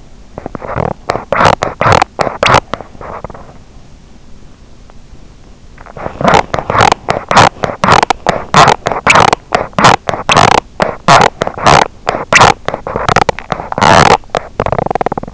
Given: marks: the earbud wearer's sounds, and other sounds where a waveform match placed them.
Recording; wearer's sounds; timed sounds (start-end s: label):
sounds in sleep by an in-ear microphone; teeth grinding
0.33-3.62 s: teeth grinding
6.13-15.34 s: teeth grinding